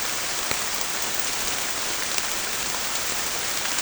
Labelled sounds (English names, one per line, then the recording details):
none
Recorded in pastures near Puerto Asís, Putumayo, Colombia, on 19 March 2025 at 23:00
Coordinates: 0.505, -76.324
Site GP08